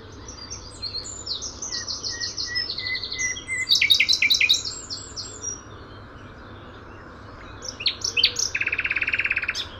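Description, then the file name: Common nightingale song with repeated note series and a loud rattling burst, a short pause, then more sharp notes ending in a steady buzzy trill. "Luscinia megarhynchos"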